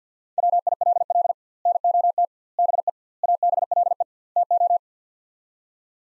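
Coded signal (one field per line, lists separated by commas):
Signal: Morse code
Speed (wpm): 50 wpm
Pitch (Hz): 700 Hz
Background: none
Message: WILL NOT BE ABLE TO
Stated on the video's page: Morse practice with sets of five words at 50 wpm using 2x word spacing, a word-based method similar to Farnsworth.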